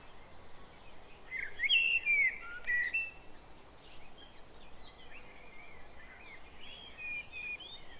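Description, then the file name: Common blackbird with a rich, whistled warble early on, followed by softer scattered chirps and a thin high whistle near the end, over constant background noise. "Turdus merula"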